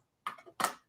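A plastic accessory chair that hooks onto a toy van's door with pegs is pushed back up to unlock it and lifted off. A sharp plastic click sounds at 0.3 s, followed by softer rattling and a louder burst of plastic noise around 0.6 s. The chair comes free of the door.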